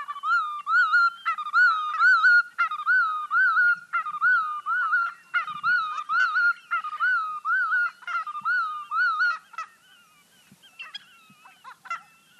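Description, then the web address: Willet calling loudly, a rapid series of ringing, rolling notes repeated in rhythmic phrases, then fading to softer scattered notes. Recorded at Emiquon, Illinois. "emiquon virtual tour. willet"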